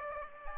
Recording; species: mosquito wingbeat signal from an infrared sensor; Aedes aegypti